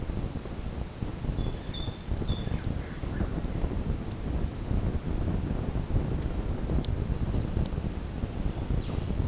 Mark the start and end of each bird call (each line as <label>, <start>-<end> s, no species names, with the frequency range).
bird call (3.1-4.0 kHz), 1.31-2.59 s
bird call (4.6-6.3 kHz), 7.08-9.27 s